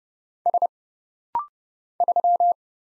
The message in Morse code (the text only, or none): S 3